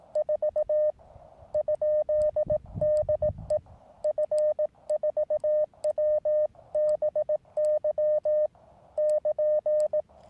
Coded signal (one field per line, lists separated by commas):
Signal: Morse code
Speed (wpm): 18 wpm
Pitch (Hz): 610 Hz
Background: none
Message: 4 ? DE F4WBY <KN>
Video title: Morse Code en Provence.